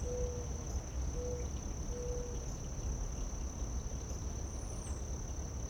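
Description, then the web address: Cricket trilling, a continuous high, even tone without pause, with three short low tones early on and a steady low rumble beneath. Late summer. "Kerman Eckes WIB-Electa Quinney. Late Summer Crickets, Doves"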